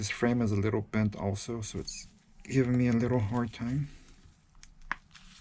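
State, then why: Seated. Someone talks while pressing a slightly bent midframe onto the screen assembly of a Samsung Galaxy Note 5, and the bent frame makes it hard to fit. A few faint clicks come first, then a sharp snap at 4.9 s as the frame seats into place.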